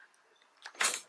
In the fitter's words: and it locks in place